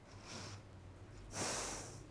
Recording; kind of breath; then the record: one breath in and out by a microphone near the nose and mouth; deep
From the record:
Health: marked as sick, illness not named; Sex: female